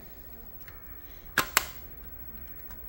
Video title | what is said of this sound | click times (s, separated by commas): Ps1 Game Jewel Case Replacing featuring Mr. Tight White | you should hear a popping noise and then pop the other side in | 1.4 s, 1.6 s